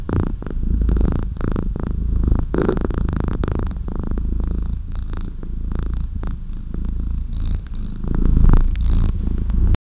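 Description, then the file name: Cat purring, a deep continuous rumble throughout, with soft rustling sounds and a louder surge near the end. Two kittens purring. "two baby cats purring"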